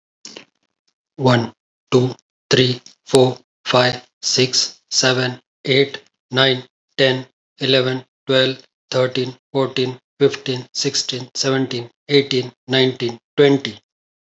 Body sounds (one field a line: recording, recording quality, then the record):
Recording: counting at a normal pace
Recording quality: excellent, no background noise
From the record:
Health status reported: healthy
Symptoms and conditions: none ticked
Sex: male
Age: 45 years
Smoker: not ticked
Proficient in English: yes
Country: India